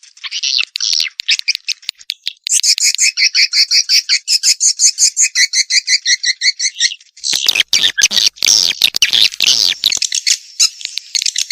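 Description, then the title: Swiftlet twittering in a dense run of quick high chirps, followed by a rough, scratchy burst of chattering calls. Swiftlet lure call, used to attract swiftlets. "Suara Walet. Suara Panggil Walet"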